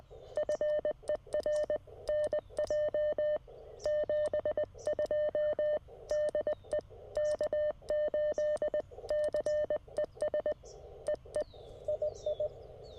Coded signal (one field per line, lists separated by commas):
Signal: Morse code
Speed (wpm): 20 wpm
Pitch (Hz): 600 Hz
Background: none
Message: FER NJ 72 DE K8CES EE II